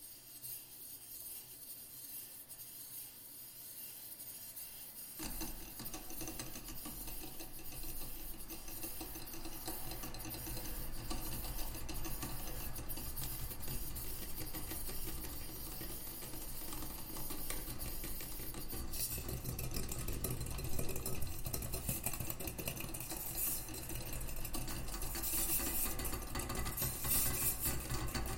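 An Anglepoise desk lamp being handled, starting with a faint, sparse scraping. Around five seconds a dense, low grinding rub sets in and continues steadily, growing rougher and brighter after about nineteen seconds, with a gritty rasping texture to the end.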